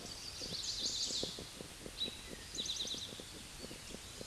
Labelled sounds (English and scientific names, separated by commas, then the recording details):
Eastern Towhee (Pipilo erythrophthalmus) song
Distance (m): 45 m
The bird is about 15 m above the microphone
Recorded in a Pennsylvania forest on 16 May 2024 at 09:20
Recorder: AudioMoth, point MSD-2131
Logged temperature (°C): 14.8 °C
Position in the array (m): 80 m, 12 m